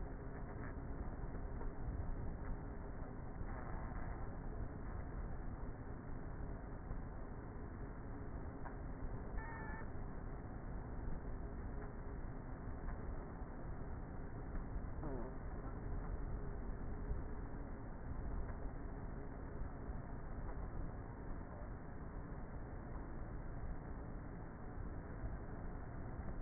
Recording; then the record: honeybee colony, microphone inside the hive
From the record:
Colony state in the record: queenless with a low population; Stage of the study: before two queens were removed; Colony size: about 30,000 bees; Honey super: no